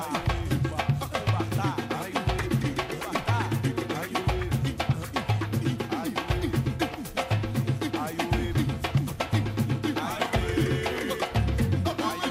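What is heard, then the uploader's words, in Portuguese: A noisy street in Luanda, filled with loud music that plays steadily for the whole stretch. A deep bass line thumps in a regular pattern about once a second, under quick, dense percussion hits and a busy upper layer, never letting up. Ruas ruidosas de Luanda.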